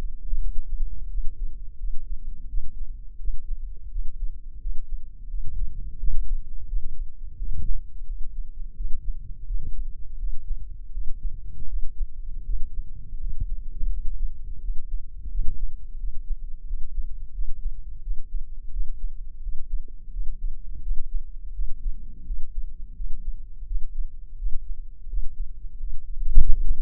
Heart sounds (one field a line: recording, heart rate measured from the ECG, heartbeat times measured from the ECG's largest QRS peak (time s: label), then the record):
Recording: heart sounds by microphone in the left ear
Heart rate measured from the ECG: 85 bpm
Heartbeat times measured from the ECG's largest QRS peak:
0.38 s: heartbeat
1.07 s: heartbeat
1.77 s: heartbeat
2.47 s: heartbeat
3.17 s: heartbeat
3.88 s: heartbeat
4.59 s: heartbeat
5.27 s: heartbeat
5.97 s: heartbeat
6.66 s: heartbeat
7.35 s: heartbeat
8.05 s: heartbeat
8.74 s: heartbeat
9.44 s: heartbeat
10.17 s: heartbeat
10.91 s: heartbeat
11.66 s: heartbeat
12.43 s: heartbeat
13.17 s: heartbeat
13.89 s: heartbeat
14.59 s: heartbeat
15.29 s: heartbeat
15.97 s: heartbeat
16.64 s: heartbeat
17.31 s: heartbeat
18.00 s: heartbeat
18.70 s: heartbeat
19.40 s: heartbeat
20.10 s: heartbeat
20.80 s: heartbeat
21.52 s: heartbeat
22.24 s: heartbeat
22.94 s: heartbeat
23.65 s: heartbeat
24.36 s: heartbeat
25.07 s: heartbeat
25.77 s: heartbeat
26.47 s: heartbeat
From the record:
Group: healthy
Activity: rest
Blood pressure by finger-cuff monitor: 116/74 mmHg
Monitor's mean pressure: 87 mmHg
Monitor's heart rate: 86 bpm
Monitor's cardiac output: 8 L/min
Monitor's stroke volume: 93 mL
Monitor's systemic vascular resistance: 800 dyn s/cm5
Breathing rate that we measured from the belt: 20 breaths a minute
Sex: male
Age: 57 years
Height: 188 cm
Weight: 106 kg